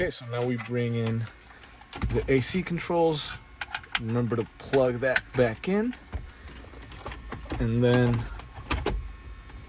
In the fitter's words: slide it into place everything should click in